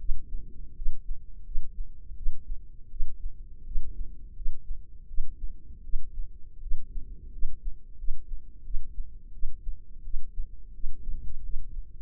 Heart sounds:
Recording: heart sounds by microphone in the left ear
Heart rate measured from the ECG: 84 bpm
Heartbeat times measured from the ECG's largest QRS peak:
0.75 s: heartbeat
1.44 s: heartbeat
2.15 s: heartbeat
2.90 s: heartbeat
3.65 s: heartbeat
4.35 s: heartbeat
5.07 s: heartbeat
5.83 s: heartbeat
6.61 s: heartbeat
7.31 s: heartbeat
7.97 s: heartbeat
8.63 s: heartbeat
9.32 s: heartbeat
10.03 s: heartbeat
10.73 s: heartbeat
11.42 s: heartbeat
From the record:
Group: healthy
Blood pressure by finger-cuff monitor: 105/61 mmHg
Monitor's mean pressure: 74 mmHg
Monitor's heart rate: 85 bpm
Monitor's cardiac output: 7.4 L/min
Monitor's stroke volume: 88 mL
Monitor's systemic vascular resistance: 710 dyn s/cm5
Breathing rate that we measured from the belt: 17 breaths a minute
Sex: female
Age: 22 years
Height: 157 cm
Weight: 47.6 kg

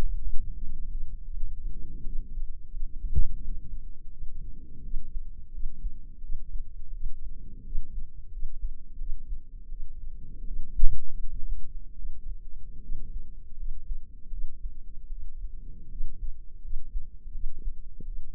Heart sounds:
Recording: heart sounds by microphone in the left ear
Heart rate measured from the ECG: 83 bpm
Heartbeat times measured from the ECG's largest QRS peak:
0.58 s: heartbeat
1.30 s: heartbeat
2.02 s: heartbeat
2.69 s: heartbeat
3.37 s: heartbeat
4.08 s: heartbeat
4.81 s: heartbeat
5.50 s: heartbeat
6.19 s: heartbeat
6.90 s: heartbeat
7.62 s: heartbeat
8.29 s: heartbeat
8.96 s: heartbeat
9.67 s: heartbeat
10.43 s: heartbeat
11.16 s: heartbeat
11.94 s: heartbeat
12.79 s: heartbeat
13.54 s: heartbeat
14.28 s: heartbeat
15.07 s: heartbeat
15.87 s: heartbeat
16.60 s: heartbeat
17.30 s: heartbeat
18.03 s: heartbeat
From the record:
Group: healthy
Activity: rest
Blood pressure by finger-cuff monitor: 123/79 mmHg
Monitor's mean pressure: 95 mmHg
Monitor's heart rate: 84 bpm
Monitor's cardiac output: 7.3 L/min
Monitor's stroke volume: 87 mL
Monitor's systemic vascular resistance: 970 dyn s/cm5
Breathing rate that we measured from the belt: 21 breaths a minute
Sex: female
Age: 23 years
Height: 160 cm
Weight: 50.4 kg

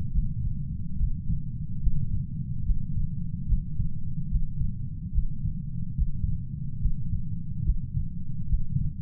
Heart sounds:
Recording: heart sounds by stethoscope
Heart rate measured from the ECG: 72 bpm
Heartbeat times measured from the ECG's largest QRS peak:
0.10 s: heartbeat
0.95 s: heartbeat
1.79 s: heartbeat
2.62 s: heartbeat
3.44 s: heartbeat
4.27 s: heartbeat
5.10 s: heartbeat
5.94 s: heartbeat
6.77 s: heartbeat
7.61 s: heartbeat
8.45 s: heartbeat
From the record:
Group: healthy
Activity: Valsalva maneuver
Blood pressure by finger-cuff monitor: 88/60 mmHg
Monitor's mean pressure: 71 mmHg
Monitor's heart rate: 72 bpm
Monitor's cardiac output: 5.5 L/min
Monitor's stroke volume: 77 mL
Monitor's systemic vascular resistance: 890 dyn s/cm5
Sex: female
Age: 26 years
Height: 165 cm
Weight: 55 kg

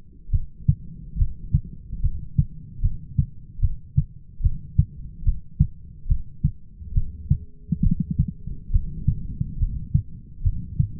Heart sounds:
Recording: heart sounds by stethoscope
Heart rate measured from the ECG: 71 bpm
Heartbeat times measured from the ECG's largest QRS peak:
0.33 s: heartbeat
1.19 s: heartbeat
2.03 s: heartbeat
2.83 s: heartbeat
3.62 s: heartbeat
4.44 s: heartbeat
5.26 s: heartbeat
6.09 s: heartbeat
6.96 s: heartbeat
7.84 s: heartbeat
8.73 s: heartbeat
9.60 s: heartbeat
10.44 s: heartbeat
From the record:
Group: heart failure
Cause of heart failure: idiopathic cardiomyopathy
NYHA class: 1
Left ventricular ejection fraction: 50%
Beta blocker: bisoprolol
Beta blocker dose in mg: 5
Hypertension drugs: candesartan, spironolactone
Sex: male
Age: 54 years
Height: 180 cm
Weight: 94.6 kg

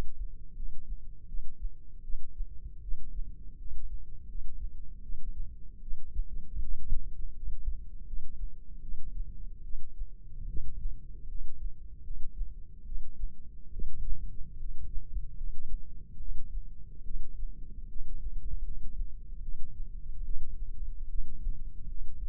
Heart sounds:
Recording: heart sounds by microphone in the left ear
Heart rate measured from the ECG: 76 bpm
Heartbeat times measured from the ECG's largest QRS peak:
0.55 s: heartbeat
1.27 s: heartbeat
2.02 s: heartbeat
2.81 s: heartbeat
3.57 s: heartbeat
4.27 s: heartbeat
5.01 s: heartbeat
5.80 s: heartbeat
6.61 s: heartbeat
7.34 s: heartbeat
8.05 s: heartbeat
8.81 s: heartbeat
9.62 s: heartbeat
10.46 s: heartbeat
11.27 s: heartbeat
12.02 s: heartbeat
12.84 s: heartbeat
13.71 s: heartbeat
14.57 s: heartbeat
15.35 s: heartbeat
16.18 s: heartbeat
17.03 s: heartbeat
17.87 s: heartbeat
18.63 s: heartbeat
19.41 s: heartbeat
20.23 s: heartbeat
21.07 s: heartbeat
21.87 s: heartbeat
From the record:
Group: healthy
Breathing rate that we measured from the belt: 17 breaths a minute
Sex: female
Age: 19 years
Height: 163 cm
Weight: 51 kg

